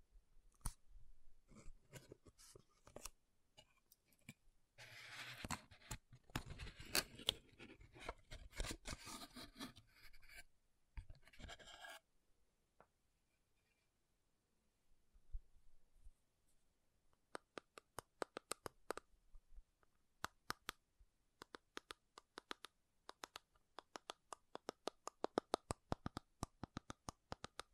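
Makeup tapping and scratching: dense, rustling scratches with quick taps fill the first twelve seconds, loudest around five to ten seconds. After a quiet gap, sharp separate taps return near seventeen seconds and continue in irregular bursts to the end.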